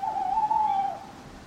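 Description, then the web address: Owl giving a single sustained, slightly wavering hoot lasting about a second, then fading. Owls hooting at night in a churchyard. "birds backgrounds churchyard night owls hooting clock strike"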